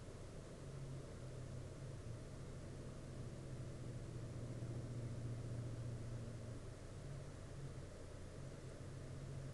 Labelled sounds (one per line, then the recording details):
water
man-made sound
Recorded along the Dempster Highway, Canada, on 21 April 2019 at 03:28
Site 13